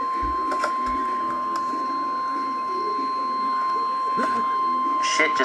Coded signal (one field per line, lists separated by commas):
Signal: Emergency Alert System (SAME) tones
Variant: 1050 Hz attention tone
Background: speech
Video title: Severe Thunderstorm Warning EAS #48